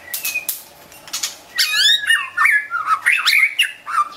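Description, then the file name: White-rumped shama delivering harsh scratchy notes followed by a dense, rapid tumble of bubbling whistles and chatters, rising and falling in pitch. Wild bird from forest near Medan, singing actively (gacor). "suara burung murai batu hutan medan gacor"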